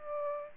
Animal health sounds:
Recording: mosquito wingbeat signal from an infrared sensor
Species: Aedes aegypti

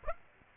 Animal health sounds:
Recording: mosquito wingbeat signal from an infrared sensor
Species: Aedes aegypti

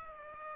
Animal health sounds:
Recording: mosquito wingbeat signal from an infrared sensor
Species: Aedes aegypti

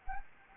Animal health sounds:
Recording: mosquito wingbeat signal from an infrared sensor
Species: Anopheles arabiensis

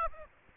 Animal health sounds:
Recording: mosquito wingbeat signal from an infrared sensor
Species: Aedes aegypti

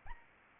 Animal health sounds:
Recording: mosquito wingbeat signal from an infrared sensor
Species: Anopheles arabiensis

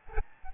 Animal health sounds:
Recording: mosquito wingbeat signal from an infrared sensor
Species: Aedes albopictus

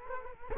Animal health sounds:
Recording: mosquito wingbeat signal from an infrared sensor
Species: Culex quinquefasciatus

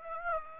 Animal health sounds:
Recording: mosquito wingbeat signal from an infrared sensor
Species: Aedes aegypti

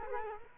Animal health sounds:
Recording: mosquito wingbeat signal from an infrared sensor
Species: Culex quinquefasciatus

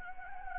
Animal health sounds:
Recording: mosquito wingbeat signal from an infrared sensor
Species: Anopheles gambiae

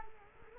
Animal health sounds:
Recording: mosquito wingbeat signal from an infrared sensor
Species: Culex quinquefasciatus

